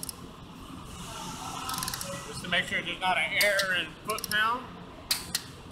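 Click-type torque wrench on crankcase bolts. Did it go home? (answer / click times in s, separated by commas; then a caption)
yes / 5.1 s, 5.4 s. A click-type torque wrench tightens the next crankcase bolt and is left to click twice to make sure there is no error. Someone talks over faint ticking, then two sharp clicks of the wrench ring out at 5.1 s and 5.4 s as it reaches torque.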